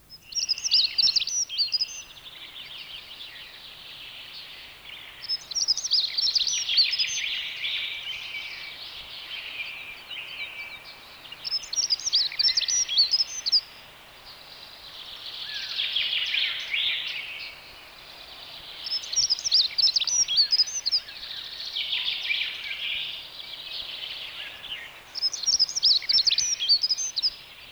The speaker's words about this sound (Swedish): Det var storspov, nu följer järnsparv.